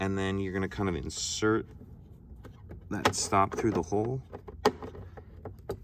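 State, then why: Not seated. Someone talks while handling the plastic glove box stop on a 2001–2005 Honda Civic during a cabin air filter change, pushing it up and inserting it through the hole in the dashboard glove box opening. Faint plastic ticks and taps are heard from about 2.5 s onward, with the loudest brief knock near 4.7 s. Nothing has seated or clicked into place yet.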